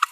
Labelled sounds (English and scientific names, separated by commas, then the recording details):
Green-rumped Parrotlet (Forpus passerinus) babbling
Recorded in a nest box in Venezuela
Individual 18B25A4